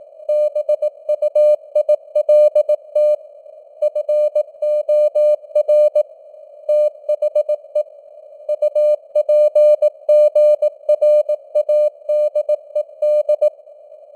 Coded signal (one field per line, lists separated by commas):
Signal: Morse code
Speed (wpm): 18 wpm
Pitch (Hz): 600 Hz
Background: none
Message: BUILT FOR THE UPGRADED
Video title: Morse Code News | 2025-11-23 | 18wpm